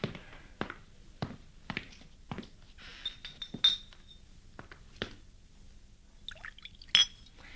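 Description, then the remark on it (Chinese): Wine trickles into glasses amid a series of sharp glassy clinks and taps, spaced irregularly, with a brief bright ringing tone near the end. No one speaks. “哎， 拿酒来。”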